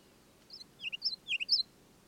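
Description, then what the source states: Ruby-crowned kinglet singing a short run of high, quick chirped notes in small clusters, rising in loudness toward the end, over faint low background hiss. Wild bird of the northern forests, singing from a fir limb about 20 feet up during continual aerial display flights with somersaults and hovers, around lunchtime.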